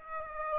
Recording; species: mosquito wingbeat signal from an infrared sensor; Aedes aegypti